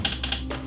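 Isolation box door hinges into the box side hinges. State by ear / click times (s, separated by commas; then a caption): seated / 0.0 s. Rockville ISOBOX microphone isolation box with an aluminium frame: its removable door's hinges are lined up with the hinges on the side of the box and pushed together. A sharp click at 0.1 s shows the hinges clicking into place, followed by a few more light taps at about 0.2 s, 0.3 s and 0.5 s. The door is seated.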